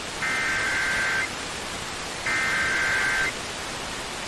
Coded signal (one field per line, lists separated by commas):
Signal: Emergency Alert System (SAME) tones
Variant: header bursts